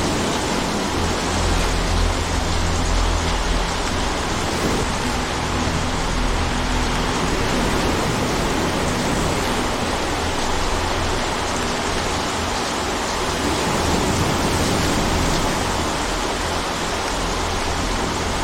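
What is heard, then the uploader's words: Wind blowing across water makes a steady, dense rush that fills the whole 18 seconds at an even level, with no clear gusts or pauses. Low rumbling tones come and go underneath, and the hiss stays bright and unbroken throughout. Natural Sound of the Wind Blowing Across the Water.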